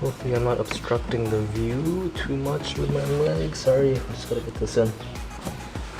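A plastic no-drill mud flap is being pushed into position along the wheel arch edge of a Tesla Model 3 or Model Y, against the fender liner, while someone talks over music. Nothing has seated or clicked yet; the flap is still being handled and is not yet home.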